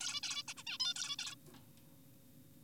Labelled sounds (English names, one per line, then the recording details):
Zebra Finch
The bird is an adult
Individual g4p5U